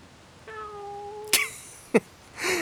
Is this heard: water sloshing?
no